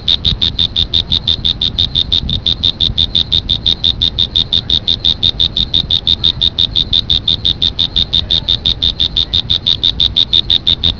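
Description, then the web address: Cricket giving crisp high chirps, evenly repeated throughout. "特酷声音素材库 动物 昆虫 蟋蟀"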